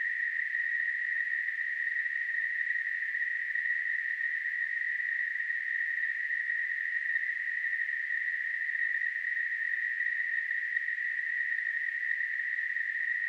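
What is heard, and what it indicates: A simulated tinnitus sound, steady and unchanging throughout.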